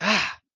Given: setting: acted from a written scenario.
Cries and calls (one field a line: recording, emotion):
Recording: vocal sound without words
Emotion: negative surprise